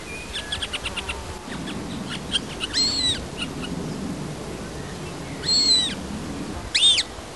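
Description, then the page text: Montagu's harrier calls: a quick chattering run of sharp notes, then a few thin, high whistled notes that rise and fall, spaced a few seconds apart over steady background hiss. "Marco Dragonetti - Луговой лунь (Circus pygargus)"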